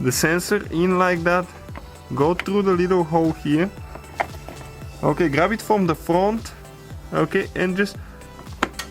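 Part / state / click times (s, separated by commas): ambient temperature sensor into front bumper mount / seated / 8.6 s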